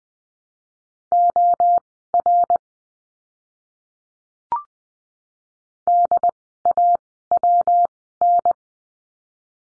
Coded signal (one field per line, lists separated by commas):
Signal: Morse code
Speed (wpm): 20 wpm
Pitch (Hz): 700 Hz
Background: none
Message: OR DAWN